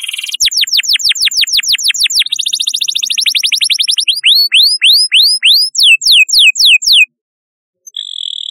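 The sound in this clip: Canary song of fast repeated downswept notes in successive tours, slowing into separate sweeping whistles, a brief pause, then another rolling trill begins.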